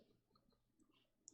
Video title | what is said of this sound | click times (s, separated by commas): Hachette: Batmobile Tumbler Subscription Pack 2 Issues 3 & 4 and gift | simp click into place | 1.3 s